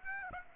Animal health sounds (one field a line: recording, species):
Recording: mosquito wingbeat signal from an infrared sensor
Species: Aedes aegypti